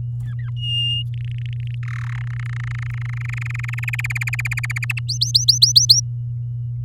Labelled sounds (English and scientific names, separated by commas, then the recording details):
Domestic Canary (Serinus canaria) song
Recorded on 11 May 2018 at 10:22
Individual llb16